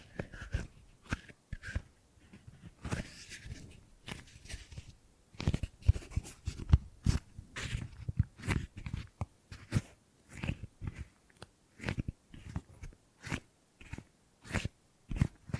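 Gripping and grabbing sounds: a steady series of short, sharp crunching and crackling bursts, irregular but frequent, several per second. Some bursts are dull thuds while others are bright and scratchy, with brief silences between the clusters throughout.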